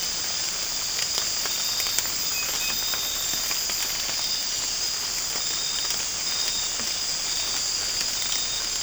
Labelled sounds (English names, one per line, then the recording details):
none
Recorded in secondary vegetation near Puerto Asís, Putumayo, Colombia, on 8 March 2025 at 04:00
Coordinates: 0.502, -76.326
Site G100